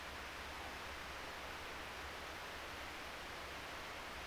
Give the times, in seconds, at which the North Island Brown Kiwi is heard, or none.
none